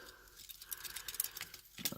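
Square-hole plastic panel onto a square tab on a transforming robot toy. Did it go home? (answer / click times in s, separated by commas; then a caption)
no / none. During transformation of a Transformers Studio Series SS-28 Barricade (2007) robot toy, a plastic panel's square hole is pushed onto a square tab, and only faint, light taps and rattles of handling are heard, with small knocks around 0.7, 1.2 and 1.9 seconds. The tab fails to snap into the slot, so nothing has snapped into place yet.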